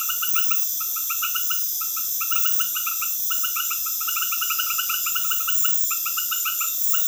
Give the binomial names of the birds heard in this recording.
none